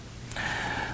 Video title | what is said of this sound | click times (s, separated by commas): How to Connect a Two Way Radio to a Firecom 500 Series Wireless Headset | your fingers over and squeeze until you hear the dome snap back in once | 0.3 s